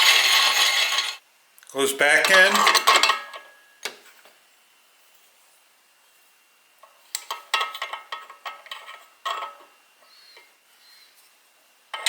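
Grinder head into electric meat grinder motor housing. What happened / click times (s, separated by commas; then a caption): The grinder head is handled but not yet locked home / none. The metal grinder head assembly of a Naitesen 3000W electric meat grinder is handled and put back into the socket on the motor housing, with metallic scrapes, knocks and clatter while someone talks. Nothing has seated or clicked into place yet by the end of the clip.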